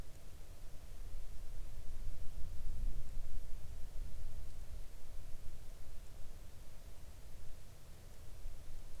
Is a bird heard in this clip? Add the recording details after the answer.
no. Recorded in the Arctic National Wildlife Refuge, Alaska, on 3 August 2019 at 05:42. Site 41